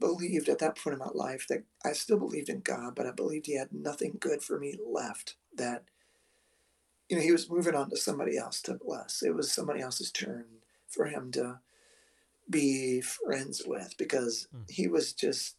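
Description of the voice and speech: Adult man speaking with the strained, broken voice of spasmodic dysphonia, an incurable vocal disorder in which the muscles around the vocal cords spasm when he tries to sing or speak, with creaky, catching voicing and long pauses.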